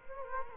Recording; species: mosquito wingbeat signal from an infrared sensor; Culex quinquefasciatus